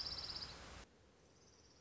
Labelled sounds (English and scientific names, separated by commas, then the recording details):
Orange-crowned Warbler (Leiothlypis celata)
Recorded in Sonoma County, California